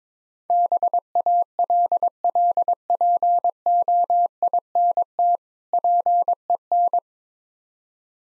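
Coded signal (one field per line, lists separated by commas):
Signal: Morse code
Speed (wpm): 23 wpm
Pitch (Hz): 700 Hz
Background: none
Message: BALLPOINT PEN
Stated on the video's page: Morse practice of easy words at 22 wpm in speed-racing format, starting fast and slowing down, with contextual hints.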